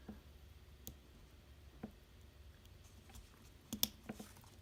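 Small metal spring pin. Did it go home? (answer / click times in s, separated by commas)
yes / 3.8 s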